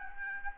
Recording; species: mosquito wingbeat signal from an infrared sensor; Aedes albopictus